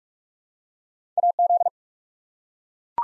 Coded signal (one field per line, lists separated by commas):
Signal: Morse code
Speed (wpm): 44 wpm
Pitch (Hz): 700 Hz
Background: none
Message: AZ